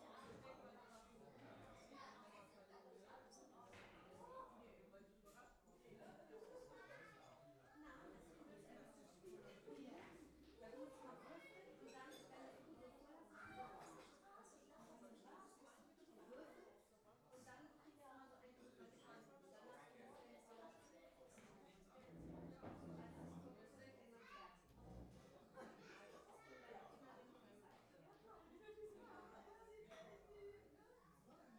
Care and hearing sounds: everyday scene through a hearing-aid microphone; many people talking; many voices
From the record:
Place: parish hall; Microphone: behind the ear, left, front

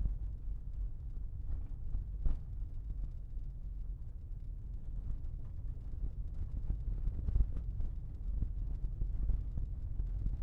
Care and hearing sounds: everyday scene through a hearing-aid microphone; in a vehicle; engine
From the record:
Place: Berlingo II, diesel engine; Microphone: behind the ear, left, front

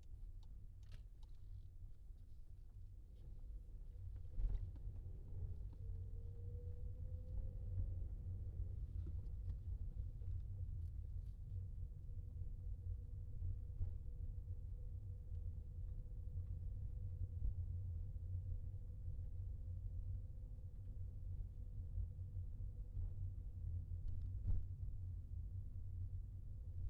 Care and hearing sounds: everyday scene through a hearing-aid microphone; in a vehicle; engine, rumble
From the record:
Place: Skoda Fabia, gasoline engine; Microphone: in the ear canal, left

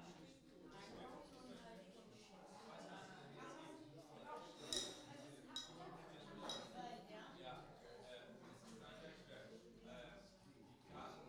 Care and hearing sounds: everyday scene through a hearing-aid microphone; many people talking; many voices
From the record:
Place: parish hall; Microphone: in the ear canal, right

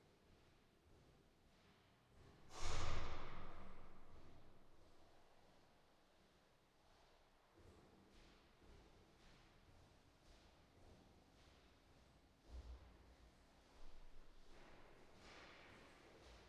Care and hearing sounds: everyday scene through a hearing-aid microphone; reverberant space; background noise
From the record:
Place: staircase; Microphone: in the ear canal, right

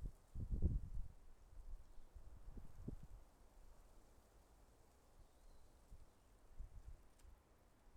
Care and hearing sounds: everyday scene through a hearing-aid microphone; wind on the microphone; wind, traffic, birds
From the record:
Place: suburban garden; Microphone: behind the ear, left, front

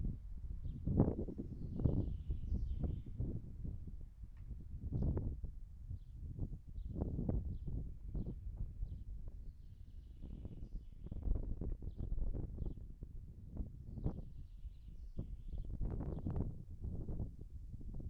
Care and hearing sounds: everyday scene through a hearing-aid microphone; wind on the microphone; wind, birds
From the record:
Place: in front of a rural house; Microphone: behind the ear, right, rear

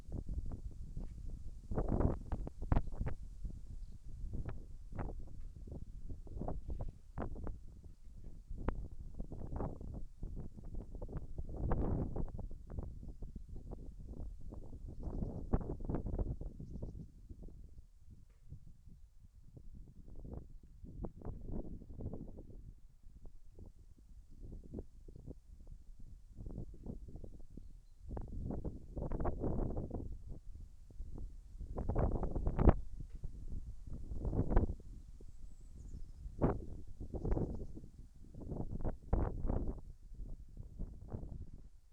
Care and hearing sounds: everyday scene through a hearing-aid microphone; wind on the microphone; wind, other noises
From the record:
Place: in front of a rural house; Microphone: behind the ear, right, front

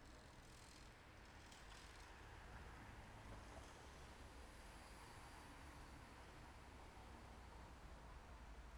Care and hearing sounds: everyday scene through a hearing-aid microphone; in traffic; traffic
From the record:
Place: main road on the outskirts, rush hour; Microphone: behind the ear, left, rear

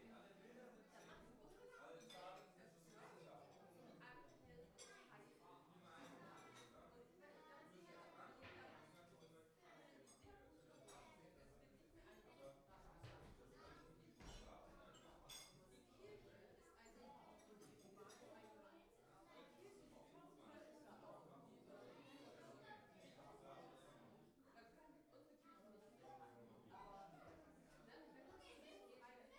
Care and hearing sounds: everyday scene through a hearing-aid microphone; many people talking; many voices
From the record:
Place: parish hall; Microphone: behind the ear, right, rear

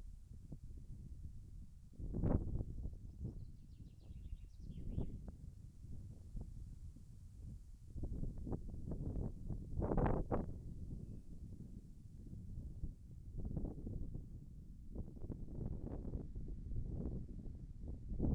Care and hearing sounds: everyday scene through a hearing-aid microphone; wind on the microphone; wind, birds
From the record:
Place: in front of a rural house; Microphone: behind the ear, left, rear

